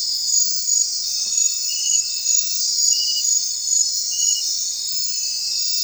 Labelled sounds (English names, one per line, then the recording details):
none
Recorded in secondary vegetation near Puerto Asís, Putumayo, Colombia, on 23 June 2025 at 22:30
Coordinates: 0.499, -76.323
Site G077